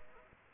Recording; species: mosquito wingbeat signal from an infrared sensor; Aedes aegypti